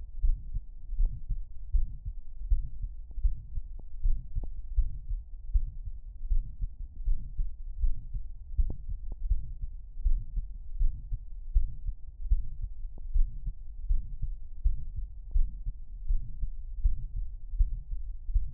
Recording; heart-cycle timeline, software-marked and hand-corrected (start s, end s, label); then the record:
heart sounds
0.00	0.23	diastole
0.23	0.37	S1
0.37	0.55	systole
0.55	0.63	S2
0.63	0.97	diastole
0.97	1.11	S1
1.11	1.31	systole
1.31	1.41	S2
1.41	1.73	diastole
1.73	1.87	S1
1.87	2.07	systole
2.07	2.15	S2
2.15	2.49	diastole
2.49	2.63	S1
2.63	2.83	systole
2.83	2.91	S2
2.91	3.23	diastole
3.23	3.35	S1
3.35	3.57	systole
3.57	3.67	S2
3.67	4.03	diastole
4.03	4.17	S1
4.17	4.35	systole
4.35	4.45	S2
4.45	4.77	diastole
4.77	4.91	S1
4.91	5.11	systole
5.11	5.21	S2
5.21	5.53	diastole
5.53	5.67	S1
5.67	5.87	systole
5.87	5.95	S2
5.95	6.29	diastole
6.29	6.43	S1
6.43	6.63	systole
6.63	6.71	S2
6.71	7.07	diastole
7.07	7.19	S1
7.19	7.39	systole
7.39	7.49	S2
7.49	7.81	diastole
7.81	7.95	S1
7.95	8.13	systole
8.13	8.23	S2
8.23	8.57	diastole
8.57	8.71	S1
8.71	8.89	systole
8.89	8.97	S2
8.97	9.29	diastole
9.29	9.43	S1
9.43	9.63	systole
9.63	9.71	S2
9.71	10.03	diastole
10.03	10.19	S1
10.19	10.37	systole
10.37	10.47	S2
10.47	10.79	diastole
10.79	10.93	S1
10.93	11.13	systole
11.13	11.21	S2
11.21	11.53	diastole
11.53	11.65	S1
11.65	11.85	systole
11.85	11.95	S2
11.95	12.29	diastole
12.29	12.43	S1
12.43	12.63	systole
12.63	12.73	S2
12.73	13.13	diastole
13.13	13.27	S1
13.27	13.45	systole
13.45	13.55	S2
13.55	13.89	diastole
13.89	14.03	S1
14.03	14.23	systole
14.23	14.33	S2
14.33	14.63	diastole
14.63	14.77	S1
14.77	14.97	systole
14.97	15.07	S2
15.07	15.35	diastole
15.35	15.49	S1
15.49	15.67	systole
15.67	15.75	S2
15.75	16.09	diastole
16.09	16.21	S1
16.21	16.41	systole
16.41	16.51	S2
16.51	16.83	diastole
16.83	16.97	S1
16.97	17.17	systole
17.17	17.27	S2
17.27	17.57	diastole
17.57	17.71	S1
17.71	17.91	systole
17.91	18.01	S2
18.01	18.33	diastole
18.33	18.47	S1
18.47	18.54	systole
From the record:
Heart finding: mitral regurgitation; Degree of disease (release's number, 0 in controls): 2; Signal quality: good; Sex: male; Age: 79 years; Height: 1.75 m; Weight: 80 kg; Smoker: yes